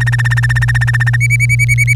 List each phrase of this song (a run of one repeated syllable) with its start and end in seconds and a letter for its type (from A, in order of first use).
0.00-1.16 A, 1.20-1.93 B